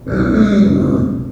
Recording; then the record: squeal of a Yucatan mini pig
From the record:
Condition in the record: after surgery on the right vocal fold (resection and tissue-engineered implant); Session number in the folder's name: 7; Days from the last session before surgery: 47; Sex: female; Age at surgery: 19 weeks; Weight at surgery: 25 kg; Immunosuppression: prednisolone